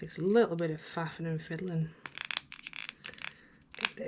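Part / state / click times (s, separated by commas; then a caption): replacement battery into helmet intercom housing / seated / 3.9 s. Someone talks while a replacement battery, or its plug, is fiddled into the plastic housing of a Cardo Scala Rider Freecom 4 motorcycle helmet intercom unit. Small plastic clicks and rattles follow from about 2.2 to 3.1 seconds. A sharper, louder click at 3.9 seconds marks the battery seating into place.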